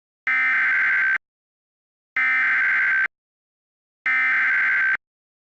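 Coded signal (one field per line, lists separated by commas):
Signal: Emergency Alert System (SAME) tones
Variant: header bursts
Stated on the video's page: Re-creation of an alert for a California dam failure, using valid tones.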